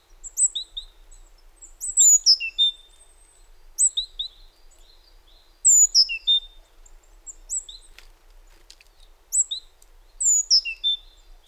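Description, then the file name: Great tit calling a high, sharply descending phrase of several thin whistled notes, repeated several times with quiet gaps between. "Parus major"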